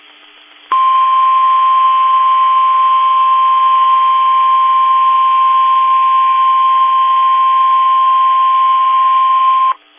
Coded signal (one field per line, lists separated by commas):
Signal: Emergency Alert System (SAME) tones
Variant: 1050 Hz attention tone